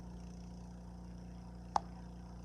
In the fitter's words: you hear that snap in it all right I ain't going anywhere and